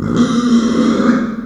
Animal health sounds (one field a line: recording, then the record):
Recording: squeal of a Yucatan mini pig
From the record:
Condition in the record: after surgery on the right vocal fold (resection and tissue-engineered implant)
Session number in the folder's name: 9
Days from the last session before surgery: 65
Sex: female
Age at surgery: 19 weeks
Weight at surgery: 25 kg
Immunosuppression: prednisolone